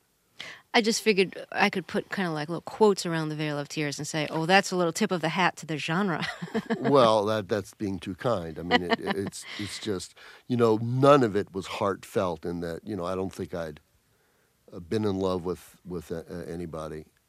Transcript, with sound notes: I just figured I could put kind of like little quotes around the veil of tears and say oh, that's a little tip of the hat to the genre.
(LAUGHTER)
Well, that's being too kind. I mean, it's just - you know, none of it was heartfelt in that, you know, I don't think I've been in love with anybody.